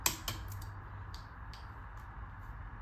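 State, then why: Torque reached. A click-type torque wrench fitted with an adapter tightens a rear brake rotor bolt on a motorcycle cast wheel, one of five. A single sharp metallic click at 0.1 s signals that the wrench has reached its torque setting. A few faint ticks follow over a steady low background hum.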